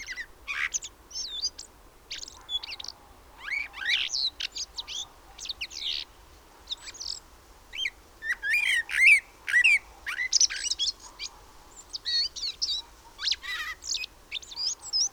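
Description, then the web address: Common blackbird calling steadily: busy, high, squeaky chirps and scratchy twitters, becoming denser midway. "SETE Turdus merula"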